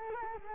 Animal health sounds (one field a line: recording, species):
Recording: mosquito wingbeat signal from an infrared sensor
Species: Culex quinquefasciatus